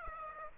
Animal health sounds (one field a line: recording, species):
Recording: mosquito wingbeat signal from an infrared sensor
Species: Aedes aegypti